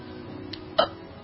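A single sharp, voiced hiccup from an adult woman, with a brief gulping click before it, over quiet room noise.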